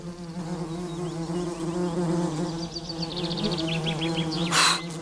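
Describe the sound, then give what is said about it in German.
Several wasps buzz steadily with a low, droning hum that wavers in pitch as they hover about leftover fig bread on a table, while faint bird chirps flicker above and a brief rustle breaks in near the end. “Die Wespen stürzen sich auf die Reste des Feigenbrots.”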